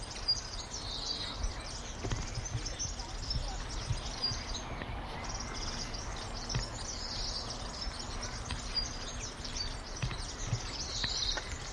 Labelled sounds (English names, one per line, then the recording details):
Black Redstart song
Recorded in the wild
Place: Wachau, AT
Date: 1989-06-16 15:22
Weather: 14°C
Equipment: Sony WM-D6C, Kopie Tesla B 116
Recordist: Tembrock, Günter